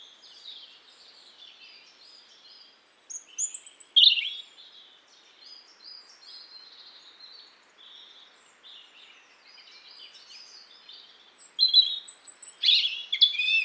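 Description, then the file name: European robin giving quiet, thin, scratchy warbling for most, broken by two louder bursts of high twittering notes. "Erithacus rubecula"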